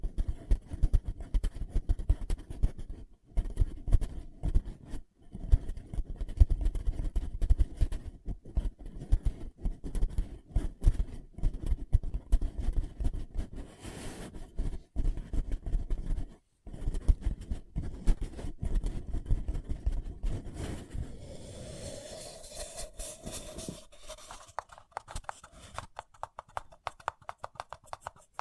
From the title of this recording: Paper Cup Tingles